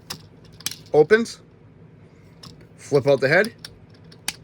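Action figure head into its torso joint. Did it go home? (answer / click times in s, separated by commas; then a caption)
yes / 4.3 s. A Transformers One 2024 Bumblebee/B-127 action figure has its head flipped out of the back panel during transformation while someone talks, with light plastic handling clicks near 0.1–0.7 s and 2.4 s. At 4.3 s a sharp click is heard as the head snaps into its locked position on the plastic torso joint, seating it in place.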